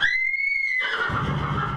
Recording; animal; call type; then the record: contact call of a hoofed animal; horse; whinny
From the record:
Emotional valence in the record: negative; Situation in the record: group separation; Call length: 1.77 s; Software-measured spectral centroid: 1870 Hz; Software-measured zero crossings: 3120 a second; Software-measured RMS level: -24 dBFS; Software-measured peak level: -10 dBFS